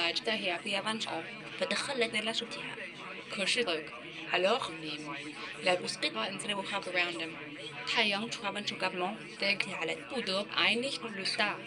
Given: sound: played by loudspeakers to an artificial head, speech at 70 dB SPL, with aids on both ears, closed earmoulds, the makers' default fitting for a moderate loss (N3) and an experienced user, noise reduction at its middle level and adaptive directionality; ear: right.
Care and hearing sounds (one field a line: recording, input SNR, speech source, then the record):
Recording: speech test signal (ISTS) in cocktail-party noise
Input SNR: +3 dB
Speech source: on the right (90 degrees)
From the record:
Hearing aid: class 2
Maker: C